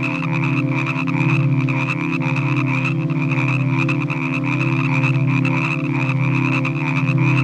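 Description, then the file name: Dense frog chorus with fast clicking croaks layered over a constant deep hum and a sustained high-pitched trill. Evening frog chorus from a relaxing nature sounds collection. "Relaxing Nature Sounds Collection - Evening with Frog Music"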